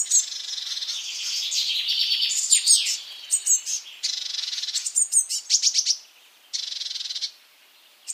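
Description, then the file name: Eurasian blue tit calls: high thin notes mixed with buzzy, scolding churrs and a rapid pulsed series. "Cyanistes caeruleus"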